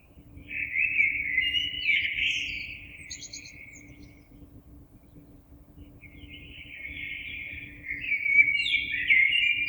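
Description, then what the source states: Common blackbird delivering two fluted song phrases, the first ending in a squeaky twitter, the second after a short silence, a low steady hum underneath. Recorded 26 April 2022.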